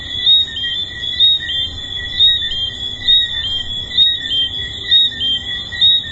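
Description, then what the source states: Tree frog chorus of continuous high, ringing notes that swell and pulse roughly once per second. Several tree frogs recorded at the Hedonism II resort.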